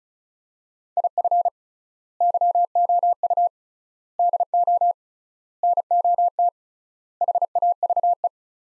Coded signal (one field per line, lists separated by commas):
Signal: Morse code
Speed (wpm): 36 wpm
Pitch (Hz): 700 Hz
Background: none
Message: IF YOU DO NOT HAVE